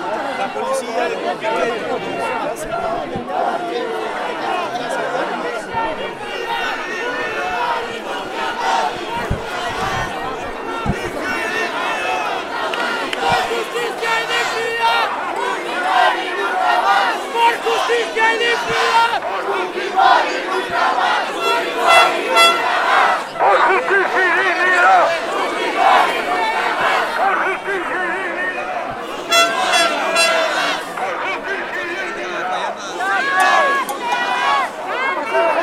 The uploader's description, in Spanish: Movilización popular por el anuncio del cierre del Congreso de la República del Perú.